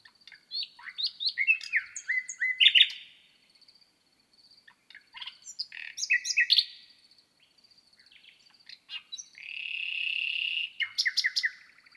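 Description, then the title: Common nightingale song, varied phrases of chirps and trills with a rich buzzy swelling whistle near the end, separated by short pauses; faint high ticking in the background. On the Lesches-en-Diois plateau in the Drôme, France, at 1000 m altitude; at night on 6 May 2018, microphones at the foot of a bush. "naturophonie. Rossignol 2018"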